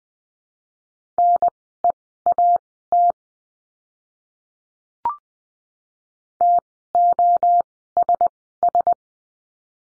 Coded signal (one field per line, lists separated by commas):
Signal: Morse code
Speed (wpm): 20 wpm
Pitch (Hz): 700 Hz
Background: none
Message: NEAT TOSS